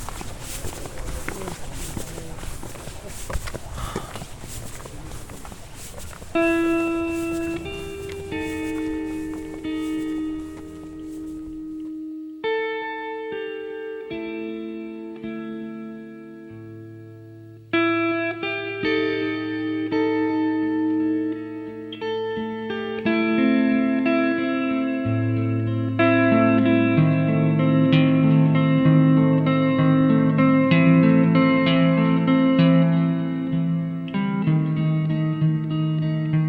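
A sound walk in Cadaqués opens with a few seconds of rough, hissing bustle. Around six seconds in, sustained musical tones take over, held chords shifting every few seconds over deep bass notes, growing louder and fuller during the final ten seconds.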